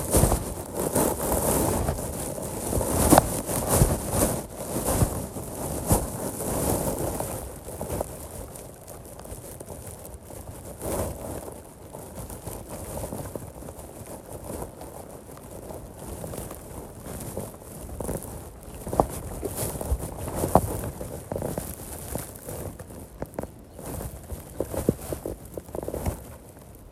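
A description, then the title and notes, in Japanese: Rice seedlings are planted by hand one at a time, with steady rustling and rough handling sounds throughout. Frequent short crackles and soft splashes break in irregularly, busier in the first few seconds and again around 19 to 24 seconds, over a constant low rumble. 水苗代で苗を束にしたものを手に取り、 １本ずつ手植えでイネ苗たちを植えていきます。田植えガサガサ音あり。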